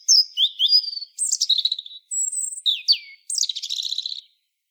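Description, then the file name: European robin song: a steady run of high, sweet whistles, downward slurs and rattling trills. The short phrases follow each other with barely a gap. "Erithacus rubecula"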